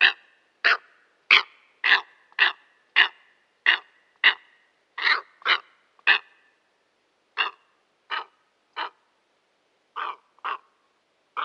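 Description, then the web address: Steppe eagle producing a series of about eleven coarse, crow-like barks close together, then a slower, looser run of barks after a short break. "Schulze Peter Steppe Eagle"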